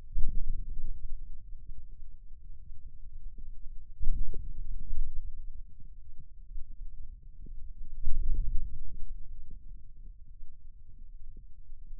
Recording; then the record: forearm muscle sounds (acoustic myography)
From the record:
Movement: outward rotation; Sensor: system 2, bracelet of six BSWA MPA416 microphones around the upper forearm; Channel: 1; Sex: male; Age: 22 years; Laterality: right